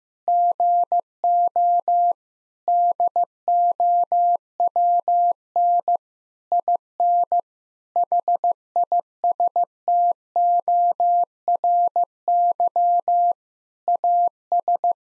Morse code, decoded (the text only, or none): GO DOWN IN HISTORY AS